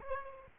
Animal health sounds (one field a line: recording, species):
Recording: mosquito wingbeat signal from an infrared sensor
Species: Aedes albopictus